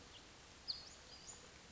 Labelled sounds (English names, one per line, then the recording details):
Western Flycatcher
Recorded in Sonoma County, California